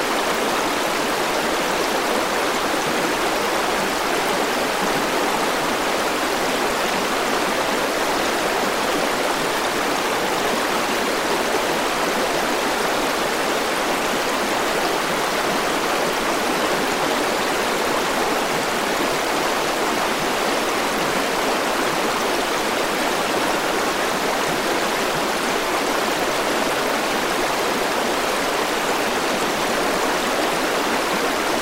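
A river flows steadily throughout, a dense, unbroken rush of water with a bright hiss and little low rumble. The sound stays constant for the whole half minute, with no separate splashes or other sounds standing out.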